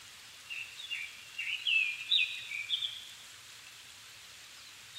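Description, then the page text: Japanese thrush singing a rich phrase of short whistles and slurred notes lasting about two and a half seconds over a constant hiss. Japan, 7 May 2011 at 17:59, evening, altitude 270 m; recorded with Sony PCM-D50 and Panasonic WM-61A microphone. "Turdus cardis [Sounds -Nikko Today-]"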